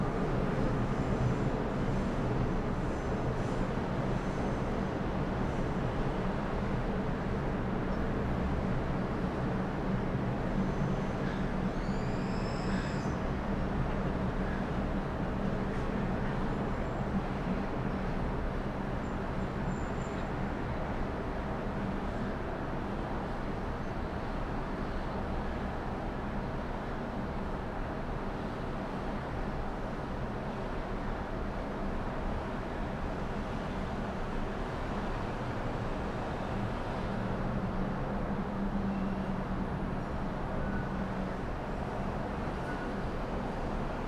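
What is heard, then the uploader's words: A city soundscape heard from high above the ground in the early evening: a dense, steady wash of distant traffic with a low hum running underneath. Around 12 seconds a brief high chirp or squeal rises above the even roar. Melbourne City early evening sounds from 29 floors above the ground. It's recorded using two microphones placed as if they were human ears. Today, a city soundscape from the 29th floor overlookingh the Docklands area.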